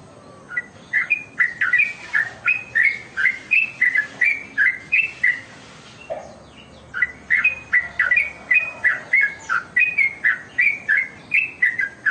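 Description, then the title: Oriental magpie-robin song: a continuous chain of short, clear whistled notes repeated two or three times a second, with a brief break midway. "Kicau Kacer"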